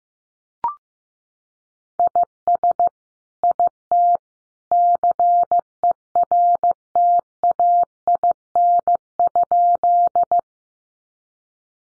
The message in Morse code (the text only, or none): IS IT CERTAIN?